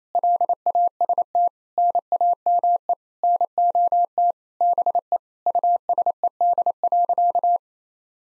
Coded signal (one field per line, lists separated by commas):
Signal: Morse code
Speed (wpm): 28 wpm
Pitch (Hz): 700 Hz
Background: none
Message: LAST NAME NOT BE USED.